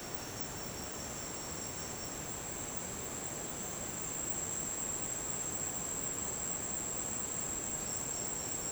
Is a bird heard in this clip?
no